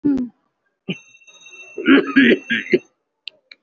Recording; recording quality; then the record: heavy voluntary cough; excellent, no background noise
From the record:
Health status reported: COVID-19 positive, moderate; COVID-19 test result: positive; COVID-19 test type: RT-PCR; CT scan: not taken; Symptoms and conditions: cough, sore throat, fever, fatigue, muscle pain, loss of smell and taste, diabetes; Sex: male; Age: 69 years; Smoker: no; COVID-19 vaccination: both doses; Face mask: worn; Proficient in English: yes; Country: India